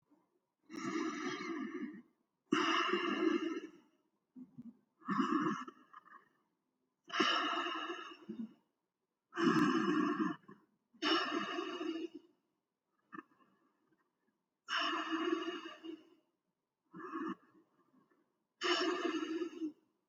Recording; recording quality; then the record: deep breathing; excellent, no background noise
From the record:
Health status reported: healthy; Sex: male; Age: 27 years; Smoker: yes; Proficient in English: yes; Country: India